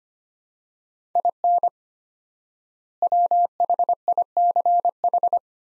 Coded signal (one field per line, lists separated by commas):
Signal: Morse code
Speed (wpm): 25 wpm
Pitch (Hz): 700 Hz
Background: none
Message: IN WHICH